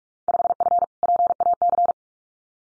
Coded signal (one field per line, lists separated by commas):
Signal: Morse code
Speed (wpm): 44 wpm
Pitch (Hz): 700 Hz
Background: none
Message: 5F PAC